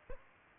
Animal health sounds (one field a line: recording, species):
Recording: mosquito wingbeat signal from an infrared sensor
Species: Aedes aegypti